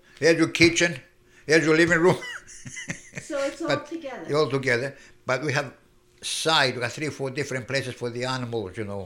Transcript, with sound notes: There is your kitchen. There is your living room. ( he laughs )
So it's all together.
It's all together, but we have outside, about three or four different places for the animals, you know.